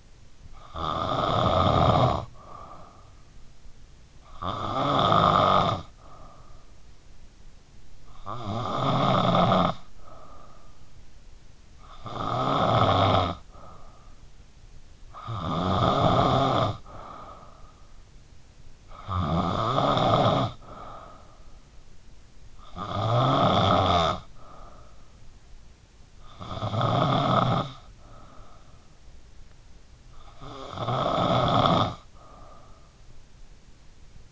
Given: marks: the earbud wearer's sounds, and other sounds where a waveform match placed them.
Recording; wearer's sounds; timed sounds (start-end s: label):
sounds in sleep by an in-ear microphone; snoring breath
0.00-34.32 s: snoring breath